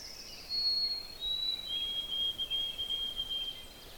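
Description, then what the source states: White-throated Sparrow song: clear, thin, sustained whistles that step down in pitch over about three seconds, faint against a soft background hiss. Singing a little far away in mixed deciduous woods; cool weather with the sun warming up; whistled song rendered as 'Oh, sweet Canada, Canada, Canada'; the species is described as everywhere.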